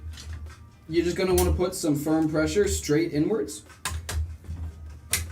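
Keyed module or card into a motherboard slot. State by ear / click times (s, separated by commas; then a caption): seated / 5.1 s. A keyed module or card is lined up with its motherboard slot and pushed straight in with firm pressure while someone talks. A short knock comes at 4.1 s, then a louder click at 5.1 s as the module seats in the slot.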